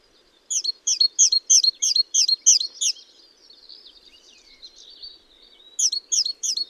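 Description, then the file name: Great tit calls: a brisk run of sharp, high, double-toned chirps, about three per second, a short lull with faint twittering, then a few more chirps. "Parus major"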